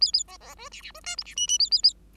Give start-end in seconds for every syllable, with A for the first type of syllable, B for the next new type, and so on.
0.00-0.12 A, 0.13-0.23 A, 0.28-0.37 B, 0.40-0.55 B, 0.57-0.69 C, 0.71-0.82 D, 0.82-0.91 D, 0.94-1.00 C, 1.03-1.16 E, 1.17-1.23 F, 1.25-1.35 D, 1.36-1.47 G, 1.47-1.58 G, 1.59-1.70 A, 1.71-1.82 A, 1.83-1.94 A